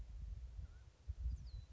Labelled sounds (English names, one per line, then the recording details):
Mountain Quail
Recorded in Sonoma County, California